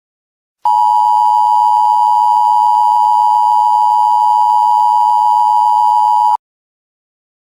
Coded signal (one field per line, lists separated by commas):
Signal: Emergency Alert System (SAME) tones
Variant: 853 and 960 Hz attention tone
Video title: Geostorm (2020) (EAS Scenario)